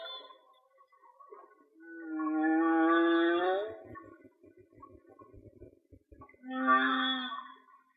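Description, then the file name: Whale song: a long harmonic moan rising at its end, then quiet low rumbling and scattered clicks, then a shorter moan. "Whale Song-colin"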